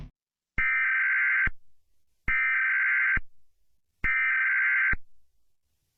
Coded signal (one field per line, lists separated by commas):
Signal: Emergency Alert System (SAME) tones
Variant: header bursts